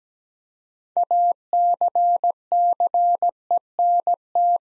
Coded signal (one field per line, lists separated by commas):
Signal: Morse code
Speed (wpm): 17 wpm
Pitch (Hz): 700 Hz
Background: none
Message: ACCENT